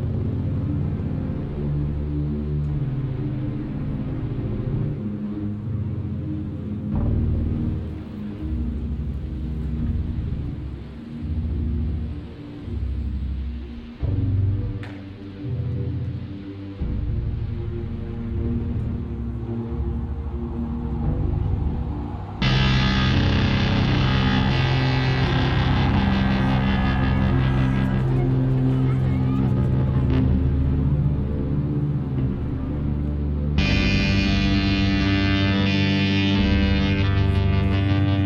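Layered synthesizer and organ-like tones hold sustained chords over a deep, rumbling low end, with a traffic-like rumble beneath. Around 22 seconds the sound jumps abruptly louder and brighter, dips briefly near 33 seconds, then returns to the fuller, denser texture.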